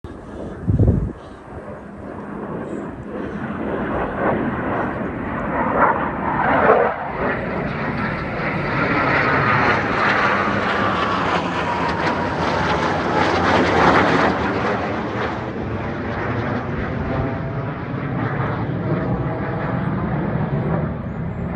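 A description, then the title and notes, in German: A Eurofighter jet passes overhead, its roar swelling from about three seconds and peaking around ten to fourteen seconds with a sweeping, phasing whoosh. A sharp thump sounds near one second, and a brief bump near seven. The dense rumble then lingers steadily to the end. Zwei #Eurofighter im Überflug. Schnell mit dem iPhone festgehalten. Überflug im Rahmen der großen Luftwaffenübung AirDefender23.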